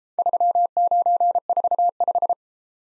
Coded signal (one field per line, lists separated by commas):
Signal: Morse code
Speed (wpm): 33 wpm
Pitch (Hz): 700 Hz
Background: none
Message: 3945